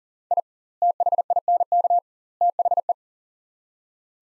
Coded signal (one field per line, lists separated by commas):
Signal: Morse code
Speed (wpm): 40 wpm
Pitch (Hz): 700 Hz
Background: none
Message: I THINK THE